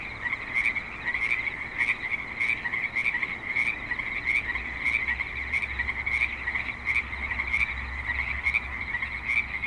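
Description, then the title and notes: Frogs croaking in a dense chorus with regular pulsed calls, while a low rumble, like passing traffic, swells in the second half. Frogs at a creek in Spanish Springs, Nevada, in a suburban setting with light traffic and other suburban sounds. "Frogs in Spanish Springs, NV - creek view. Frogs with light traffic and other suburban sounds"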